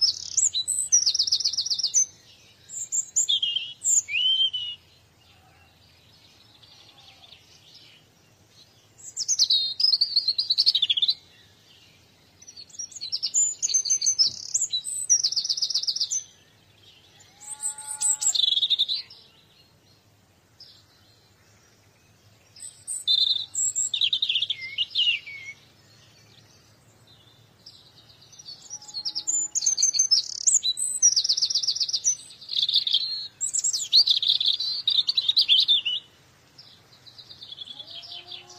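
Birds chirping in repeated bursts of high, quick tweets and trills, each lasting one to three seconds with short quiet gaps between them. A few lower, clear whistled notes appear near 18 and 29 seconds. A faint low hum sits underneath throughout.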